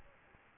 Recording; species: mosquito wingbeat signal from an infrared sensor; Aedes albopictus